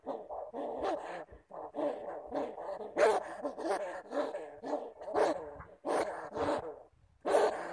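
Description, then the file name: Bamboo rat giving rough, wavering harmonic grunts, irregularly spaced, with sharp snapping sounds. "Tieng dui keu"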